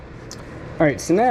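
A metal-backed brake pad on a RAM 1500 3.0L EcoDiesel, its bottom edge already in the caliper bracket's slider hardware clips, is pushed over the top clip and snaps into the caliper bracket. A single short, bright click is heard at 0.3 s over a low steady background, and the pad is seated. Someone then talks.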